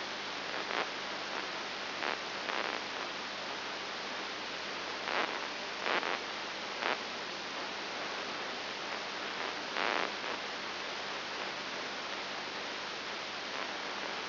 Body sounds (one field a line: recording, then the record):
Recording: brain microelectrode recording played as sound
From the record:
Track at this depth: inside the subthalamic nucleus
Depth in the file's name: 4.502 mm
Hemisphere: left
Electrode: 3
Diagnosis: Parkinson's disease